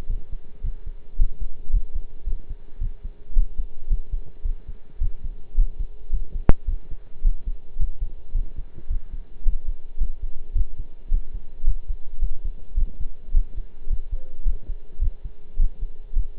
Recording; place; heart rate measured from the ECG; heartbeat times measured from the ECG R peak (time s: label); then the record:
heart sounds by stethoscope; between the tricuspid and mitral areas; 108 bpm
0.09 s: heartbeat
0.63 s: heartbeat
1.18 s: heartbeat
1.73 s: heartbeat
2.26 s: heartbeat
2.81 s: heartbeat
3.35 s: heartbeat
3.90 s: heartbeat
4.44 s: heartbeat
5.00 s: heartbeat
5.57 s: heartbeat
6.12 s: heartbeat
6.67 s: heartbeat
7.24 s: heartbeat
7.79 s: heartbeat
8.35 s: heartbeat
8.90 s: heartbeat
9.45 s: heartbeat
10.00 s: heartbeat
10.55 s: heartbeat
11.11 s: heartbeat
11.66 s: heartbeat
12.21 s: heartbeat
12.77 s: heartbeat
13.34 s: heartbeat
13.89 s: heartbeat
14.45 s: heartbeat
15.01 s: heartbeat
15.59 s: heartbeat
16.15 s: heartbeat
From the record:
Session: pedaling a stationary bicycle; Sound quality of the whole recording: partially saturated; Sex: male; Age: 23 years